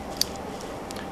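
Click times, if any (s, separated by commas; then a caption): 0.2 s. An insulation-piercing cord tap adapter made by Academy, with a chrome clip, is closed over an extension cord wire laid in its channel. A sharp, bright click at 0.2 s marks the clamp snapping shut, followed by a fainter tick near 0.9 s. The adapter is seated on the wire and makes a connection.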